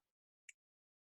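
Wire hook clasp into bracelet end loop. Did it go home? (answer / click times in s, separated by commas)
yes / 0.5 s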